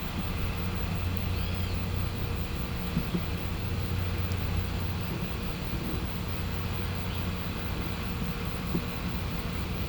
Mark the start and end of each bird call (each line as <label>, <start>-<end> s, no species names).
bird call, 1.29-1.81 s